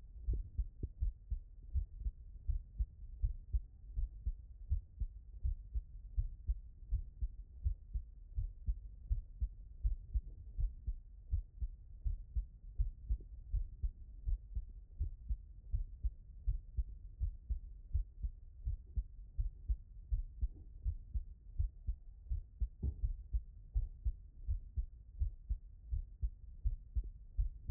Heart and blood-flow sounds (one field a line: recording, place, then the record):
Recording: heart sounds by stethoscope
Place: tricuspid valve (TV)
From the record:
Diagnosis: non-HFrEF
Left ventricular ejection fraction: 74%